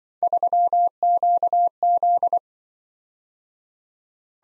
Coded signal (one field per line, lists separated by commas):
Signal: Morse code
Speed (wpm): 25 wpm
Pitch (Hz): 700 Hz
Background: none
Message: 3QZ